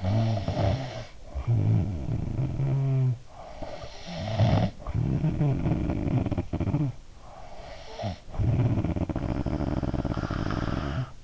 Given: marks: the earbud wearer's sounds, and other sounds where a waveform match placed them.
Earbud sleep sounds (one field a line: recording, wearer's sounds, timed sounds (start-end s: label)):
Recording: sounds in sleep by an in-ear microphone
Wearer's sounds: snoring breath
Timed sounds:
0.00-3.34 s: snoring breath
3.50-7.02 s: snoring breath
7.27-11.24 s: snoring breath